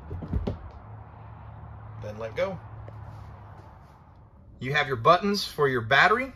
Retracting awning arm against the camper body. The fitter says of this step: once it's done retracting you'll hear it click and bang against the camper then